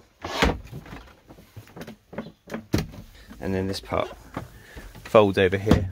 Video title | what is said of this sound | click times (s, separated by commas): 2007 Renault Trafic Campervan / Motorhome - Shower, WC Off Grid Camping, 2 berth | clips out and | 0.4 s